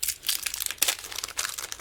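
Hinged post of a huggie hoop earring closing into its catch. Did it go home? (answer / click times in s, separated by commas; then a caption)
no / none. A pair of gold-plated 16 mm huggie hoop earrings is handled as it comes out of its bag, with crinkling packaging and a few sharp ticks around 0.0, 0.5, 0.7 and 0.8 seconds. The hinged post has not yet snapped shut into its catch, so nothing has seated or clicked by the end of the clip.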